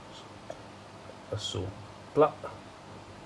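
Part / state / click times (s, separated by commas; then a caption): winding lock pawl into exposure slot of camera film counter wheel / seated / 0.5 s. In the film-winding mechanism of a Yashica MAT 124 / 124 G twin-lens reflex camera, the metal locking pawl drops into one of the exposure slots on the counting wheel with a short, sharp click at 0.5 s, locking in place for the next exposure. Someone talks in the second half of the clip over a quiet background.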